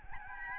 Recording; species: mosquito wingbeat signal from an infrared sensor; Aedes albopictus